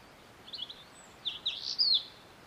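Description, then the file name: European robin giving thin, high sibilant notes in a few short, faint phrases over steady background hiss. "Erithacus rubecula"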